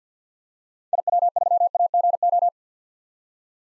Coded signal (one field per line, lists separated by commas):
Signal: Morse code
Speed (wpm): 50 wpm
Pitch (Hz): 700 Hz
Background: none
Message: IW3AGO